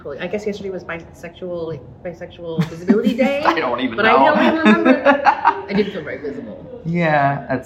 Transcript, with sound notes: I guess yesterday was like, Bisexual Visibility Day?
(laughing) I don’t even know.
I don’t even remember. I didn’t feel very visible.